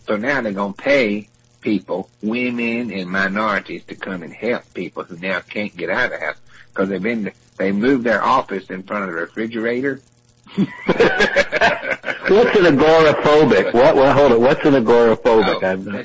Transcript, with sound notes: So now they’re gonna pay people, women and minorities, to come and help people who now can’t get out of the house because they’ve been, they moved their office in front of the refrigerator. [laughs]
Ha ha. What’s an agoraphobic? Hold it. What’s an agoraphobic, iON?